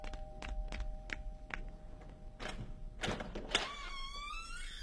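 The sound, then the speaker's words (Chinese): A door is opened to let visitors in: a run of sharp clicks and light knocks, then a few heavier thunks of the latch and frame, ending in a drawn-out high squeak. No one speaks. “哎，来人了吗？ 开门去。”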